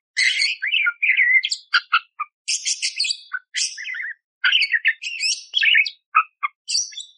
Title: Masteran Burung Parkit Gacor Jernih Durasi Panjang Full Isian Tembakan Kasar Cocok Buat Kacer